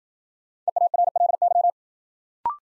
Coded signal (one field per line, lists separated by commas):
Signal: Morse code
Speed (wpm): 53 wpm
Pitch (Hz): 700 Hz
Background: none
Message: EARLY